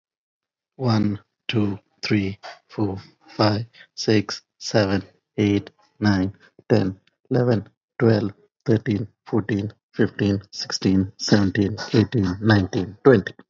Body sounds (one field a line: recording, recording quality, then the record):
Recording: counting at a normal pace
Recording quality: excellent, no background noise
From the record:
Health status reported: healthy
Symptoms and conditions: fever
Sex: male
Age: 40 years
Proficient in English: yes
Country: India